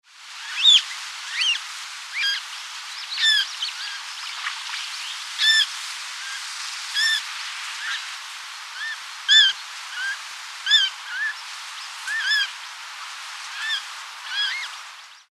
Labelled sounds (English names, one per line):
Eurasian Coot